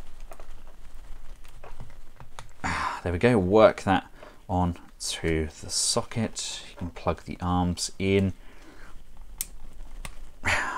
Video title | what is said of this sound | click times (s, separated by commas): Hasbro Marvel Legends Spider-Man THE LIZARD Build a Figure Complete Wave | we go that's happening nicely you'll feel a nice solid click | 9.4 s